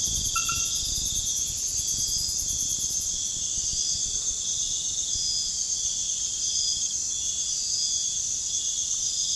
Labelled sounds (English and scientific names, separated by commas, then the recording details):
none
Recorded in pastures near Puerto Asís, Putumayo, Colombia, on 30 June 2025 at 03:30
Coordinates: 0.466, -76.322
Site GP07